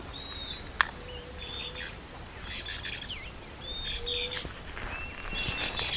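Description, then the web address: Bird calls: soft level whistles and fainter chirping bursts, partly masked by rustling background noise, with a brief click near the start. "BIRD 2015 SABIOD 50 bird 2015"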